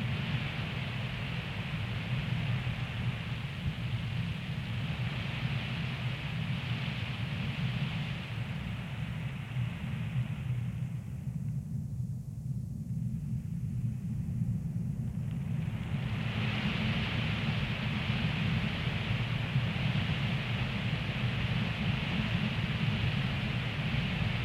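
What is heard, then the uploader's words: Steady desert wind roars low and constant, with a hissy upper layer that thins out briefly midway before returning. What does a sandy desert sound like? The Sound Of The Desert.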